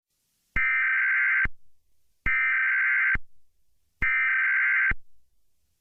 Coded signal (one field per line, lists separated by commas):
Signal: Emergency Alert System (SAME) tones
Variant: header bursts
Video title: EAS Scenario #1: April 27, 2011 Super Outbreak